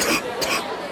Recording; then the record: coughing mixed with background sound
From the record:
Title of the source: 31 night wet cough